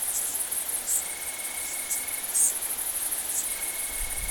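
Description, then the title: Bush crickets, Italian tree crickets and great green bush-crickets in a dense chorus: a steady high hiss with brighter bursts now and then, and long, even, pure tones at a lower pitch starting and stopping. Mixed chorus of bush crickets, Italian tree crickets and great green bush-crickets recorded at Saignon, Vaucluse, France, in September 2000. "Sylvain Jaskowiak - Animus. Decticelles, grillons d'Italie, grandes sauterelles vertes - Saignon, Vaucluse - septembre 2000"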